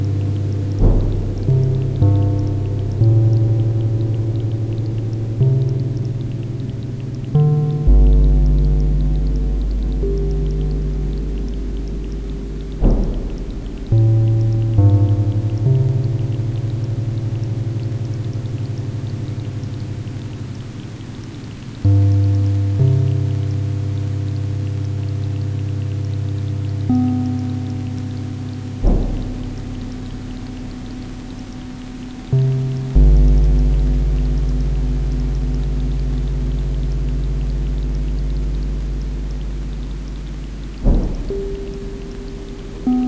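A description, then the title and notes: Deep sustained chords ring out over a soft, steady hiss of rain, each one struck with a sharp attack and then slowly fading. New chords arrive every few seconds, around 1, 8, 13, 15, 22, 29, 33 and 41 seconds, with a heavy low bass under each. Rain Storm with Transient Chords.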